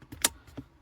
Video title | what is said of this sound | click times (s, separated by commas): 2019 -2022 Toyota RAV4 New USB android auto Apple car play port replacement! Read Description. | You hear it snap into place, so it works. | 0.2 s